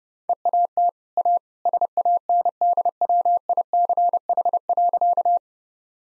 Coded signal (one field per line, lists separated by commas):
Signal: Morse code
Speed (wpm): 32 wpm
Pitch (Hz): 700 Hz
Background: none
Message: EAT A SANDWICH.